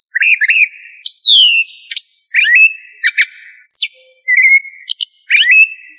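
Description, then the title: Thrush song of varied whistled phrases, some sliding downward, others sharp and buzzy, delivered in quick bursts with short pauses between them. "Familia Turdidae - Sabia"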